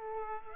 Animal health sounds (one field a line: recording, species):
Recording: mosquito wingbeat signal from an infrared sensor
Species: Aedes aegypti